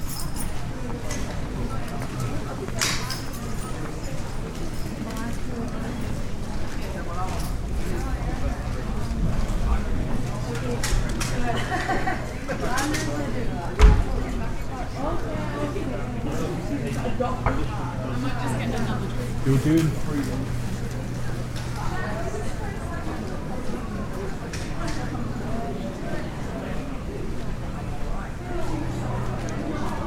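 A walk through the old streets of York, filled with a steady hum of overlapping voices from passing crowds. A low drone sits underneath throughout, with scattered footsteps and brief clatters, and one sharp knock just before the midpoint.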